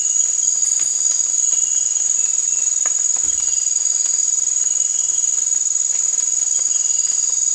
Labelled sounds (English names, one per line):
none